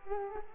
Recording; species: mosquito wingbeat signal from an infrared sensor; Culex quinquefasciatus